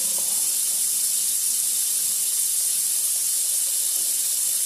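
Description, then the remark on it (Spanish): Water runs from a bathroom sink tap that has just been turned on, a steady hissing rush, constant and unbroken with a bright, airy tone and no voices. “Como el agua del baño, sonido del agua del baño ahí. Del lavabo, en este caso, que nos inspire el caudal de podcast.”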